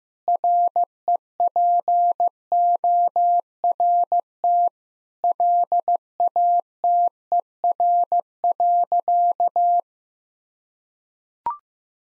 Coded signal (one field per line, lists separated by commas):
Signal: Morse code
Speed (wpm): 15 wpm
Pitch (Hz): 700 Hz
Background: none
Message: REPORT LATER.